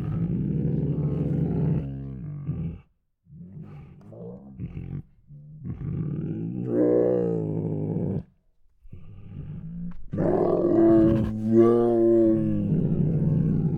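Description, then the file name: Tiger vocalising in a string of deep, rough, harmonic growls and moans, broken by two short silences, ending in a strong, loud moan. Two hungry tigers making many snorts. "Two Tigers Make Many Hungry Snorts [Sound Ideas]"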